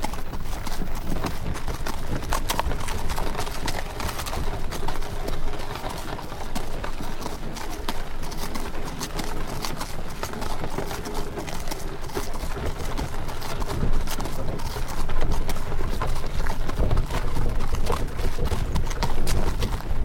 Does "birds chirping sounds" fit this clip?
no